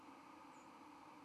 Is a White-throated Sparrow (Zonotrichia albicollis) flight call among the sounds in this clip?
no